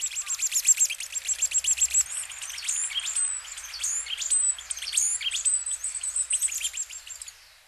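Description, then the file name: Varied tit calls: a quick run of thin, high chirps in the first two seconds, then squeaky, slurred notes repeated. Hyogo, May. "yamagara 1005 hyogo kaji"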